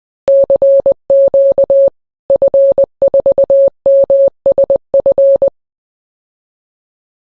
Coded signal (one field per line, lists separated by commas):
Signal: Morse code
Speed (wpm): 20 wpm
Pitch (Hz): 550 Hz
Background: none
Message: CQ F4MSF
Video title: Propagation des ondes : comment les ondes radio traversent le monde ?